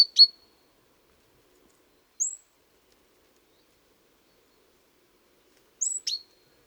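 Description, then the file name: Great tit giving a few sharp ticks and thin high notes, separated by long silences. "Parus major"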